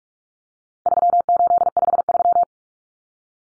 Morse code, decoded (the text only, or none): 3853